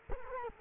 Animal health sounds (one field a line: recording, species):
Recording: mosquito wingbeat signal from an infrared sensor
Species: Culex quinquefasciatus